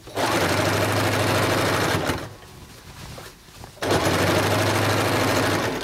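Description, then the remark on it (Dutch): A sewing machine, used in a small room by a Syrian tailor making clothes for guests, runs in two loud, steady bursts of rapid mechanical stitching with a low motor hum, separated by a brief quieter pause of about a second and a half. “En daar is hij achter een naaimachine gekropen, want dat is wat hij in Syrië deed.”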